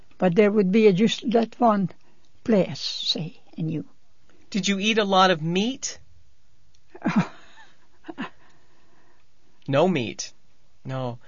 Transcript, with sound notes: But there would be just that one place, see.
Did you eat a lot of meat? ( she laughs ) No meat. No.